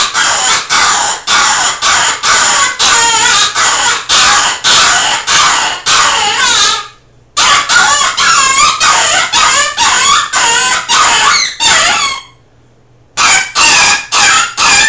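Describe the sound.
Rabbit calling in long runs of quick, wavering squeals, almost two per second, with two short silent pauses between runs.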